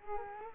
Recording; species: mosquito wingbeat signal from an infrared sensor; Culex quinquefasciatus